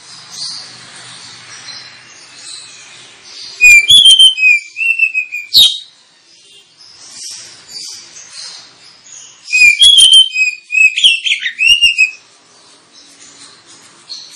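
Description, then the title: Oriental magpie-robin song in two vigorous bursts, each about two seconds of sharp whistles and scratchy trills, separated by several seconds of faint, quieter warbling. Lure recording meant to provoke kacer into fighting and singing at once, delivering full, rapid bursts of song. "Kacer Langsung Tarung Konslet KACER NGOTOT FULL TEMBAKAN. Kacer dimana SAJA Bakalan NGEPLONG GACOR dengan Pancingan Kacer ini"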